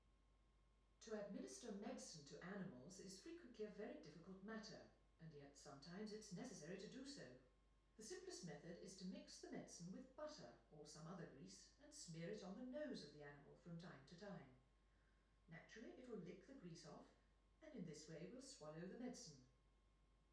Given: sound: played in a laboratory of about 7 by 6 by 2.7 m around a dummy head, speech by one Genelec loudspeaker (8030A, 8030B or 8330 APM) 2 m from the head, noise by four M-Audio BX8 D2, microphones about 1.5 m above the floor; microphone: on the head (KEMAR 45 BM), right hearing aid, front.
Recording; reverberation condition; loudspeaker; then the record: female speech in English; medium; 150 degrees to the left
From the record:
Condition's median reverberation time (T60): about 510 ms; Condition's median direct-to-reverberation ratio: about -0.5 dB